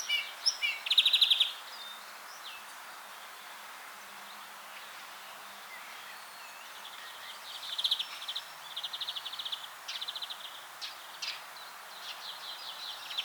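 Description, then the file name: European greenfinch giving a twittering trill at the start, then a quiet gap, followed by softer buzzy notes and short trilled phrases toward the end, over background hiss. "Chloris chloris"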